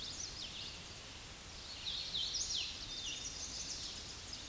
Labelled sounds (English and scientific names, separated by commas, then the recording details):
Hooded Warbler (Setophaga citrina) song
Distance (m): 30 m
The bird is about 10 m above the microphone
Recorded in a Pennsylvania forest on 16 May 2024 at 08:16
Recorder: AudioMoth, point MSD-2163
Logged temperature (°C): 16.1 °C
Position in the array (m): 157 m, 122 m